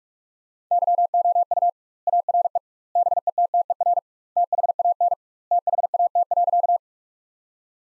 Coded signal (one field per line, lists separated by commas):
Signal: Morse code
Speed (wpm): 46 wpm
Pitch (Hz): 700 Hz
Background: none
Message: YOU ARE BETTER THAN THAT.